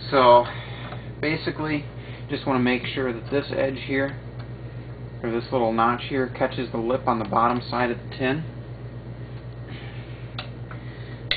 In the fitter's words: you can hook it in there you can feel it click and you can feel the pressure